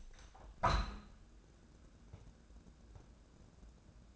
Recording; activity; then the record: daily activity, microphone in the room; open window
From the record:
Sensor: 2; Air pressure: 1012.1 hPa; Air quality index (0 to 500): 92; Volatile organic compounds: 1 ppm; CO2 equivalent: 702 ppm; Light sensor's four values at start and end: 113/270/112/112 and 116/276/115/115